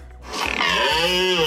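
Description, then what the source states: Red deer roaring: a loud, harsh, drawn-out bellow with a rich harmonic tone that builds after a quiet start, with a low pulsing hum underneath. Stags roaring during the rut in forests near Piotrków Trybunalski, Poland, marking their presence and competing for hinds; most active in evenings and at night; the rut lasts about 2-3 weeks.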